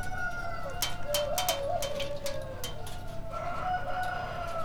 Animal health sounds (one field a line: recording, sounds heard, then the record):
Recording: poultry house recording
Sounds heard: healthy chickens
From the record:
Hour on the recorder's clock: 1